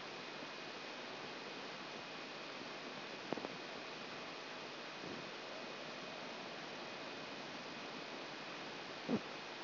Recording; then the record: brain microelectrode recording played as sound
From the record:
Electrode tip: outside the subthalamic nucleus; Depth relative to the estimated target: 4 mm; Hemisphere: right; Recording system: AlphaMap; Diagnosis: Parkinson's disease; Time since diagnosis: 24 years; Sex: female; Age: 57 years